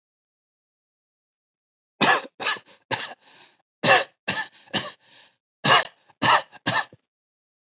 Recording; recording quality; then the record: shallow voluntary cough; excellent, no background noise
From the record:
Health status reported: healthy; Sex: male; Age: 53 years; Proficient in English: yes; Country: India